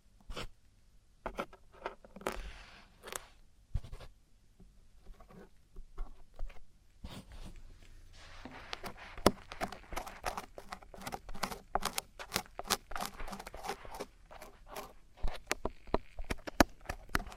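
Traditional Chinese ear cleaning and earwax removal: dense, irregular scratching, scraping and tapping, like a tool working inside the ear. The sounds come in quick bursts with brief pauses, then grow busier and brighter from around eight seconds onward, with sharp clicks scattered throughout.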